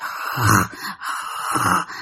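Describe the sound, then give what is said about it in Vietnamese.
A voice imitates the loud, heavy breathing of something heard swimming in a small water channel: two long, rasping breaths of about a second each, hoarse and airy with a low groaning undertone, one right after the other and no words. “Lội chủng ở dưới xong rồi là cái tiếng thở.”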